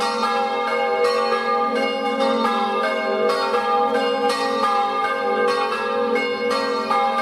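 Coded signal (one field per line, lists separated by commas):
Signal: bell signal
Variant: Friulian battiore and dopli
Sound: several church bells ringing in quick overlapping strikes with long resonant hum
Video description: Battiore e Dopli (dura 1 minuto e mezzo) delle 18:00 per la Messa delle 18:30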